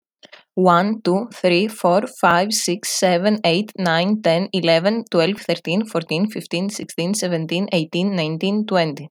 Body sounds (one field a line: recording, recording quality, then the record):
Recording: counting at a fast pace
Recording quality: excellent, no background noise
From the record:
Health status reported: healthy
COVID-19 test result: not tested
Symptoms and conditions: none ticked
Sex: female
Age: 22 years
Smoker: not ticked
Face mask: not worn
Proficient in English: yes